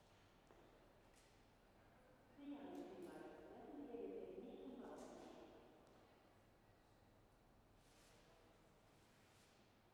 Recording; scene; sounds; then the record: everyday scene through a hearing-aid microphone; reverberant space; announcement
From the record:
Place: railway station hall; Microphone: behind the ear, left, rear